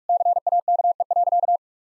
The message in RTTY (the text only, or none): none